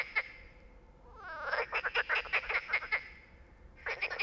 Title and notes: 37130 Bréhémont, France - Trying to communicate with Frogs. un étang peuplé de grenouilles qui se sont mise à chanter toute la nuit. Elles se mettent cependant à chanter lorsqu'un train de marchandises passe au loin. A little pond next to the river Loire where we tried to sleep untill a bunch of frogs begin to sing